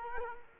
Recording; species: mosquito wingbeat signal from an infrared sensor; Culex quinquefasciatus